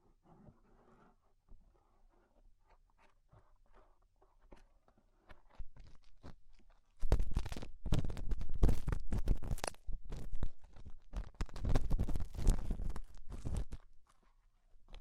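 Ear cleaning sounds, with rhinestones and clay being removed. The first seven seconds hold soft, sparse ticks and faint rustling, then a dense stretch of crisp scraping, crunching and crackling runs until about fourteen seconds before fading back to quiet.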